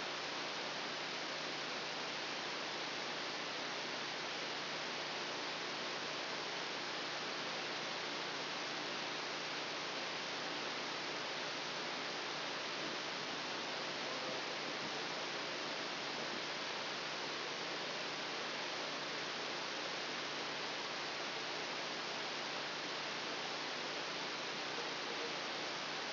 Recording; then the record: brain microelectrode recording played as sound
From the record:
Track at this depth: outside the subthalamic nucleus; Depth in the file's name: -0.084 mm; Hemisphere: left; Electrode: 2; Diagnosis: Parkinson's disease